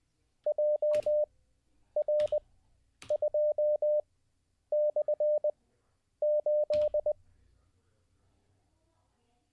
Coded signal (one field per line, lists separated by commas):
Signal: Morse code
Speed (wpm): 20 wpm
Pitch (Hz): 600 Hz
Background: none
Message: JR2/8